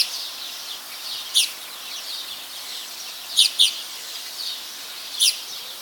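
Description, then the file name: Eurasian magpie calls: sparse harsh chacks, one quick double note among them, separated by pauses of a second or more against constant hiss. "Pica pica"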